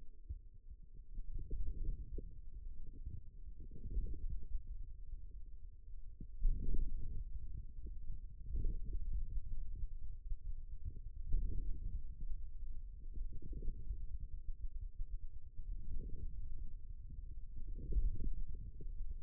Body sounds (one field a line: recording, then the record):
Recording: forearm muscle sounds (acoustic myography)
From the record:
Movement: outward rotation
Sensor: system 2, bracelet of six BSWA MPA416 microphones around the upper forearm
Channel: 4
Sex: male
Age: 22 years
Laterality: right